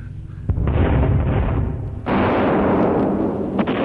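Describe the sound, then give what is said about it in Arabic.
Anti-aircraft cannon fire from Sergeant Mohamed's gun shooting down planes booms out in loud, heavy bursts, a sharp blast then a roaring rumble, with a second big burst partway through and a smaller one near the end. No voices. “الشويش محمد الغنوة الحلوة اللي بيقولها بالمدفع بتاعه.”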